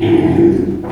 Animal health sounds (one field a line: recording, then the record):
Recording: squeal of a Yucatan mini pig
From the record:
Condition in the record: before surgery on the right vocal fold (resection and tissue-engineered implant)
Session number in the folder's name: 2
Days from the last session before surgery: -15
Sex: female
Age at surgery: 19 weeks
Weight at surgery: 25 kg